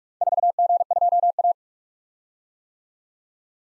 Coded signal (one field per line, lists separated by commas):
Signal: Morse code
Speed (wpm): 46 wpm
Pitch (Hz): 700 Hz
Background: none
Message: 4G2A